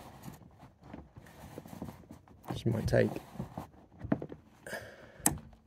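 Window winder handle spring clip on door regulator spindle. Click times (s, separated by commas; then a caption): 5.3 s. On a Vauxhall Astra J, a makeshift tool holds the spring clip of a manual window winder handle on the door regulator spindle while the handle is worked back and forth, with someone talking and scattered small knocks throughout. The spring clip comes free with a sharp click at 5.3 s, releasing the plastic handle off the spindle.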